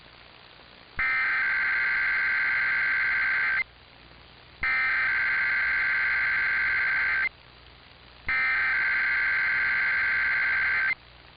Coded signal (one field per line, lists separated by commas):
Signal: Emergency Alert System (SAME) tones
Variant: header bursts